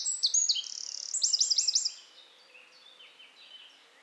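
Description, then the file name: Eurasian wren song: a loud, rapid burst of high, sharp notes and a fast rattling trill lasting about two seconds, followed by fainter, softer warbling. "Troglodytes troglodytes"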